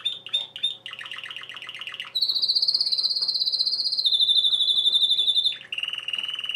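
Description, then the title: Domestic canary song: short chirps and a buzzy rattle, then long rapid high trills that drop in pitch, followed by a lower trill. Male Belgian canary singing a lot, used to train and stimulate young birds. "Esquente Seu Filhote E Canario Belga Em 30 Minutos Macho Cantando Muito"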